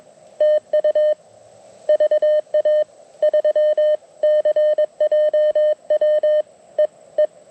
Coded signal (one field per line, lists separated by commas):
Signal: Morse code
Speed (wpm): 20 wpm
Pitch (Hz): 590 Hz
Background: none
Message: TU VA3CJW EE